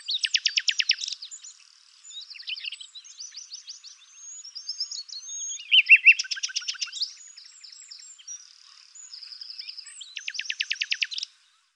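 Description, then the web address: Bird song: a long, varied sequence of high chirps broken by several fast, rattling trills of evenly repeated notes. "cianscape birddata Deverinetal 2025 Bird Lu Me Lu Me"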